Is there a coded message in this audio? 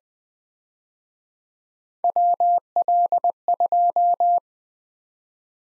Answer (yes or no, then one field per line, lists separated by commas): yes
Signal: Morse code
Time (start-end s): 2.0-4.4 s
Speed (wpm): 21 wpm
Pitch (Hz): 700 Hz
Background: none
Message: WL2